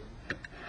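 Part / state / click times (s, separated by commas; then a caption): bearing race on the pin wheel disc of a coin hopper / seated / 0.3 s, 0.5 s. A screwdriver pushes the bearing race up behind the pin wheel on the disc of an Asahi-Seiko coin hopper. Two short, sharp clicks at 0.3 and 0.5 seconds stand out over a low steady background as the race clicks into place. The bearing is seated.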